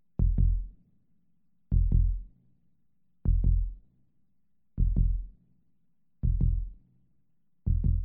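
Slow, deep lub-dub human heartbeat in a hospital setting, about 40 beats a minute, speeding up only slightly over the clip; sound effect.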